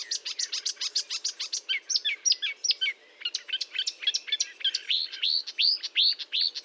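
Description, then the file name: Marsh warbler delivering rapid, repeated ticking notes that shift into varied chirps and finally into a string of rising, slurred whistles. Recorded at Fourneau, Fontaine-Française, France, on 1 June 2022 at 10:55, using Nagra recorder and Telinga equipment. "Rousserolle verderolle 1055 Fontaine-Francaise-Fourneau"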